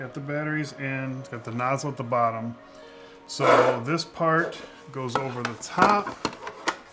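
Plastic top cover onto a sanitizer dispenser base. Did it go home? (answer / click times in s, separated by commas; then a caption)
yes / 6.7 s. Someone talks while loading four AA batteries into an automatic hand-sanitizer dispenser with its nozzle at the bottom, then pushes the plastic top cover down over the base. A soft tap is followed by a sharp click at 6.7 s as the top locks into place on the base.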